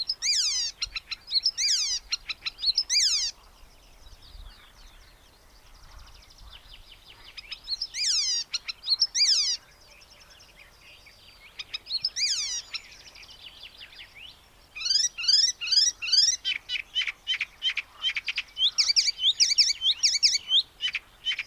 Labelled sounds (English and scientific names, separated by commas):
Icterine Warbler (Hippolais icterina) song